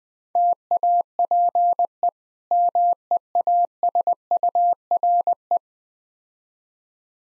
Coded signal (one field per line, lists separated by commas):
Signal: Morse code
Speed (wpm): 20 wpm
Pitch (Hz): 700 Hz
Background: none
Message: TAPE MEASURE